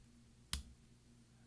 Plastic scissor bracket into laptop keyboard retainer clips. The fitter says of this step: And then you're going to take your finger and just push down on the top and you'll hear it snap.